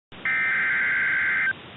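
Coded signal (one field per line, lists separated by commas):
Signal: Emergency Alert System (SAME) tones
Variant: header bursts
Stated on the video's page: PDS severe thunderstorm warning on NOAA weather radio station KIH61.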